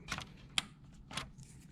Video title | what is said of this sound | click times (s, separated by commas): 59.F0 Error HP M477 HP M452 How to fix!! How to replace transfer belt and fuser | when you push it in you should hear a little click that tells you it's in place so | 0.6 s